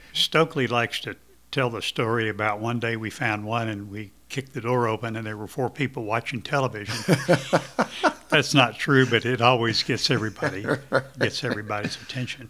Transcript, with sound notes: Stokely likes to tell the story about one day we found one and we kicked the door open and there were 4 people watching television. (Laughing) That's not true, but it always gets everybody's attention.